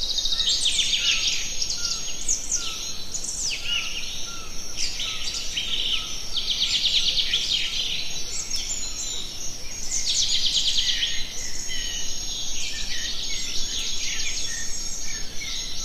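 Birds chirp and sing through a forest morning, their bright, overlapping calls filling the whole stretch with quick trills and twitters, one thick run near the middle and another after ten seconds. Beneath them lies a steady, soft outdoor hush.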